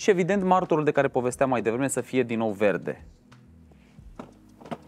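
Someone talks for the first three seconds while a child car seat is being mounted onto its ISOFIX base in a Nissan X-Trail, followed by quieter handling with sharp knocks at about 4.2 and 4.7 seconds. The seat has not yet clicked or seated onto the base, and the indicator has not yet turned from red to green.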